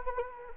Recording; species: mosquito wingbeat signal from an infrared sensor; Anopheles arabiensis